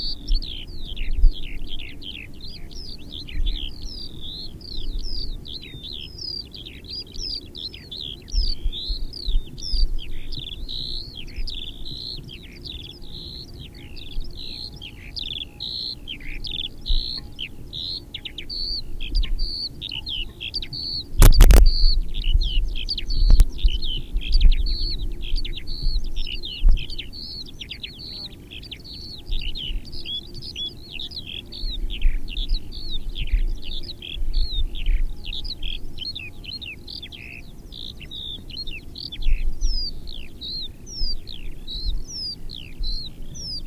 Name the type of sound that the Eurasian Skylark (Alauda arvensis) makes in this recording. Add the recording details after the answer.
flight song. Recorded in the wild. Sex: male. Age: adult. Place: Bamberg, Bayern, DE. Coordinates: 49.925, 10.8614. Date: 1963-07-01. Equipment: Nagra, Neumann KM 54 a, Parabolspiegel Grampian, Original, Vollspur. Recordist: Tretzel, Erwin. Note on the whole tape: Männchen: Gesangsabschnitt (Luftaufnahme), Motiventwicklung und Motivsuche (Maindamm bei Hallstadt/Bamberg), Juli 1963